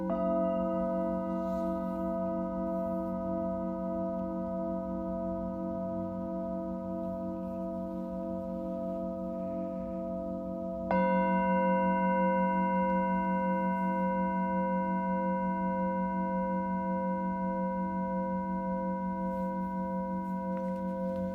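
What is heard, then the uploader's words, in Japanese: A singing bowl rings with a steady, shimmering drone, then a fresh strike near eleven seconds brings a brighter, slightly louder wavering tone. メキシコから シンギングボウルのサウンドヒーリング ライブ。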